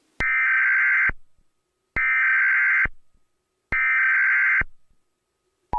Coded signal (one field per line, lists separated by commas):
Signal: Emergency Alert System (SAME) tones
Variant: header bursts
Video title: EAS Scenario #4 - Ghost Bomb (Read description)